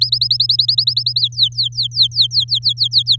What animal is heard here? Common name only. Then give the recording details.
Domestic Canary. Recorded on 7 May 2018 at 14:34. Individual llb16